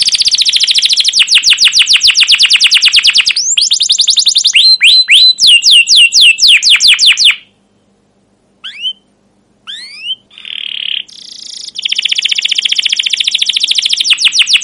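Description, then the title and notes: Canary song: rapid continuous trills and slurred notes, a brief pause with a few isolated rising chirps, then fast rolling trills resume. Caged domestic canary singing long, continuous chirping and rolling song, used as a lure and master tutor recording to teach young canaries sounds. "CUIT CUIT NGEROL LANGSUNG GACOR PANJANG Kenari. PANCINGAN Kenari GACOR PANJANG Cuit CUIT EMOSI. MASTERAN Kenari PAUD belajar BUNYI. burung kenari"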